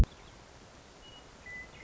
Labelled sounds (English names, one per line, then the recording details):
Western Meadowlark
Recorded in Sonoma County, California